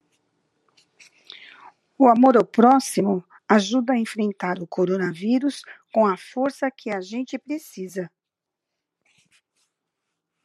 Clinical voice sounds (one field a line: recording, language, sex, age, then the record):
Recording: spoken sentence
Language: Brazilian Portuguese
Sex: female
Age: 60 to 69 years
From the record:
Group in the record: control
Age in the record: 60 years